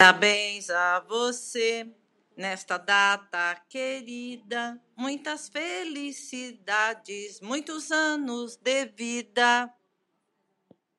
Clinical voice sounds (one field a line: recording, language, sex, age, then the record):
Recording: short text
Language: Brazilian Portuguese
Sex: female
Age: 60 to 69 years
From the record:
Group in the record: control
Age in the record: 66 years